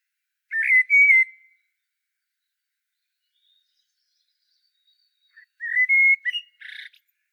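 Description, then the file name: Common blackbird giving a whistled warbling phrase, then a long pause before a second fluty phrase that ends in a brief scratchy twitter. "Turdus merula"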